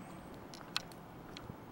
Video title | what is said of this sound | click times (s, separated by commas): (4/7) How to Setup an RTK / Fast Static Base Station - Trimble GPSS / GNSS | I slide it in clicks | 0.8 s